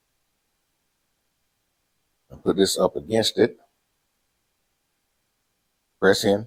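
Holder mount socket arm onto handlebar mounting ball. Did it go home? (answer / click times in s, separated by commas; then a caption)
no / none. The socket arm of a phone and drink holder mount is lined up over the handlebar mounting ball on a Piaggio MP3 530 Exclusive, ready to be pressed on. After about two seconds of silence, someone talks, pauses, then talks again near the end, with no hits. Nothing has seated or clicked yet.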